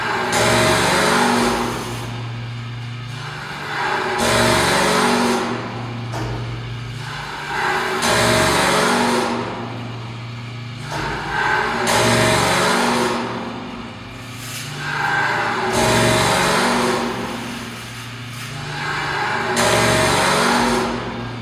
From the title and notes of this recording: Anna Godzina The Room of Six soundscape. Piano strings, guitar strings, plastic barrel, electric engines, wood, stones, plastic tubes.